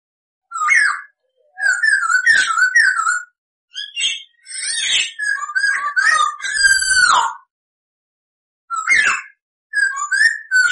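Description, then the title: Masked laughingthrush singing a varied run of loud whistled and chattering notes, some sliding and wavering, in several bursts separated by brief silences. Bird singing actively (gacor); training recording (masteran) for cage birds to learn from. "SUARA BURUNG POKSAY HONGKONG GACOR"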